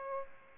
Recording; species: mosquito wingbeat signal from an infrared sensor; Aedes aegypti